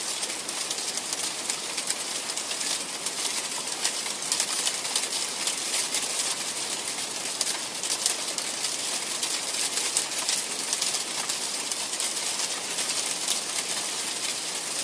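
Freezing rain falls steadily, a dense, even hiss of tiny ice pellets ticking and pattering without pause. The sound is bright and crackly, holding the same level for the whole stretch, with a faint low murmur underneath.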